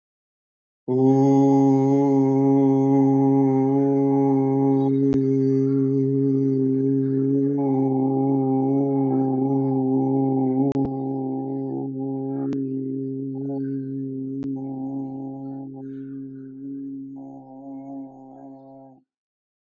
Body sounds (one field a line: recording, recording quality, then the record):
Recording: sustained vowel as in boot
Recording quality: excellent, no background noise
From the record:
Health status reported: healthy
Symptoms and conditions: diabetes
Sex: male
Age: 57 years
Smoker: not ticked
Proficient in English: yes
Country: India